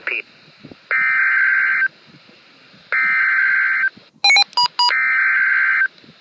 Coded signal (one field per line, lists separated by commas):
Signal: Emergency Alert System (SAME) tones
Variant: header bursts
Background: speech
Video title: Severe T-Storm Warning (EAS #1,010)